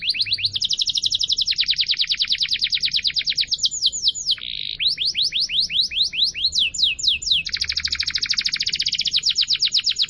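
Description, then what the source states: Canary song: a loud, fast stream of high trills and rapid chirping notes, shifting between rolling and sweeping phrases without pause. Canary (kenari) song used to lure birds.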